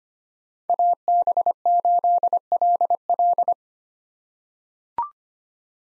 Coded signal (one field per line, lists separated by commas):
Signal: Morse code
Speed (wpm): 25 wpm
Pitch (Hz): 700 Hz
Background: none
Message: AB8LL